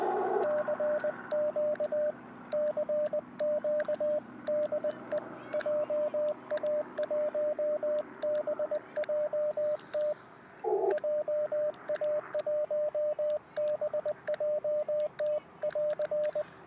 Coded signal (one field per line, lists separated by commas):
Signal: Morse code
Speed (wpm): 20 wpm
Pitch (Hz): 600 Hz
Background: radio noise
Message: CQ CQ DE JA1BJT JA1BJT<AR>